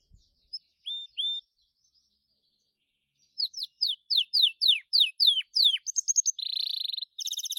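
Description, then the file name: Gloster canary song: a few whistled notes, then a run of repeated downward-sweeping notes, ending in rapid buzzy trills held high. "canto do canario gloster"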